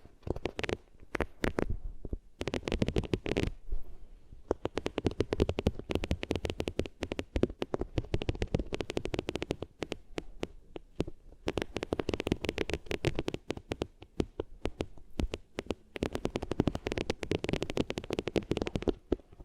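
Fingers rub over different materials right against the ears, making dense, rapid scratching and crackling strokes that run almost without pause. Low rumbling thuds sit under the bright rasp, with short gaps near two and four seconds and around eleven seconds.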